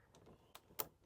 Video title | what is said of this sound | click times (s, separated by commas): Aussie Traveller EuroVision 2 Caravan Window - How To - Open, close, vent, blinds & troubleshoot! | Now that has locked back in again. | 0.8 s